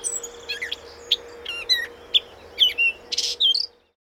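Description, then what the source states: Gray Catbird giving a brief jumble of varied squeaky and harsh notes, then silence. Recorded at Carden Alvar, Ontario, in August 2026.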